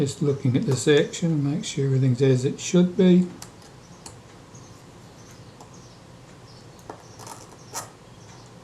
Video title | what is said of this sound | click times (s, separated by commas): The Contaflex II from Cressbrook, part 03 | Why is that not latching down? | none